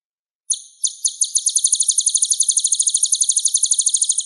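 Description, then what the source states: Sunbird song: a few high, sharp notes, then a fast, steady trill of piercing chips continuing to the end. Sunbird song used to lure birds.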